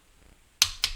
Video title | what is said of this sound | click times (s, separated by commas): Tear Down and Rebuild 2002 Honda Odyssey Automatic Transmission - Part 28 | make sure that the torque wrench clicks make sure it clicks on every one of them so | 0.6 s